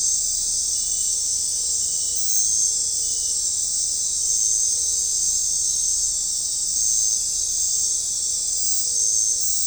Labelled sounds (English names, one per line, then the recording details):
none
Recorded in dense forest near Puerto Asís, Putumayo, Colombia, on 15 December 2024 at 22:00
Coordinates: 0.499, -76.324
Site G045